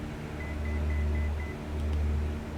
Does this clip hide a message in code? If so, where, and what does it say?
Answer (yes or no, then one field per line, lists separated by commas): no